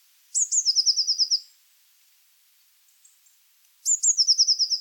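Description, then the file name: Eurasian blue tit song: high thin introductory notes followed by a fast trill of several notes, given twice about three and a half seconds apart. "Cyanistes caeruleus"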